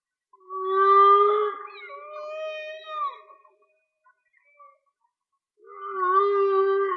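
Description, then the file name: Whale song: long tonal moans with rich harmonics, a steady low tone with higher sliding notes, a pause of about two seconds, then another drawn-out moan. Linked to a whale and dolphin watching page; mono. "Whale Song-colin"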